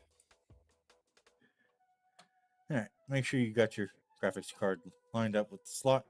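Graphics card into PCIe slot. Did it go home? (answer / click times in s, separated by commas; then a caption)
no / none. A graphics card is lined up over its PCIe slot before being pressed down, with a few faint ticks and handling noises in the first seconds. Someone then talks from about 2.7 s. Nothing has seated or clicked into the slot yet.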